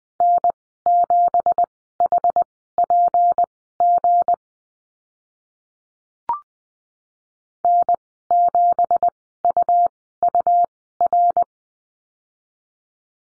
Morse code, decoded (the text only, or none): N7HPG N7UUR